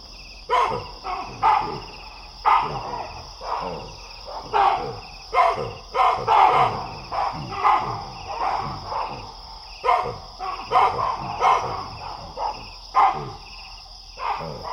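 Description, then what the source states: Baboons giving repeated loud barking alarm calls, overlapping harsh barks about every second, with a steady high insect drone throughout. Roosting in a big tree at nightfall, sensing a distant predator and sounding the alarm; Wassadou, Niokolo Koba national park, Eastern Senegal, West Africa; 13 November 2017.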